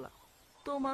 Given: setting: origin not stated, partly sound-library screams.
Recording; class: one-second piece from a danger detection set; normal situation